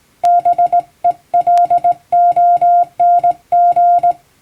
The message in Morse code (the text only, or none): BELONG